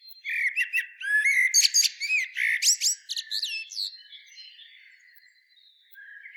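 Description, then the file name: Common blackbird calls: a rapid series of sharp chirps and squawks in the first few seconds, fading into soft, scratchy twittering. "Turdus merula"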